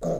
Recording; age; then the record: pig call; piglet (1 to 25 days)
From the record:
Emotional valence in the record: negative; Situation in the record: long isolation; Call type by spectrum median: low-frequency call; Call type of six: low-frequency stable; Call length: 0.21 s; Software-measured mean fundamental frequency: 52 Hz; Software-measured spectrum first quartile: 217 Hz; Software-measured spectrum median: 459 Hz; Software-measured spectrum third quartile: 615 Hz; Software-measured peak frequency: 582 Hz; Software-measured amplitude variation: 99 dB a second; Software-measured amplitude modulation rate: 17.0 a second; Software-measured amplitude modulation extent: 5.8 dB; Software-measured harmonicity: 1.5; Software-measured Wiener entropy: -0.53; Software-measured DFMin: 1445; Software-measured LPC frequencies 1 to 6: 579, 3721, 5390, 6368, 6782, 7370 Hz